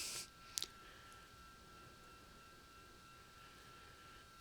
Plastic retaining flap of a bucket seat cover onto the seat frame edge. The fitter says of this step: should just click right into place